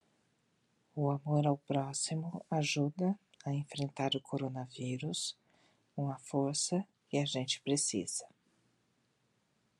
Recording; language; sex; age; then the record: spoken sentence; Brazilian Portuguese; female; 50 to 59 years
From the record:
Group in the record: control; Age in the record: 53 years